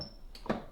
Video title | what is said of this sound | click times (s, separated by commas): How to FIX Grounds Tray FULL but EMPTY Fault on Delonghi Magnifica S | that little click | 0.4 s, 0.5 s